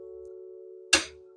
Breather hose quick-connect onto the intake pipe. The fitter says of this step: There it is. Click.